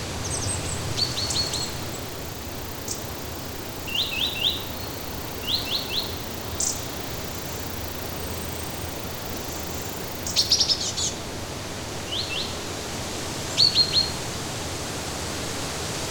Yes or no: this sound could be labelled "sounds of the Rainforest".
yes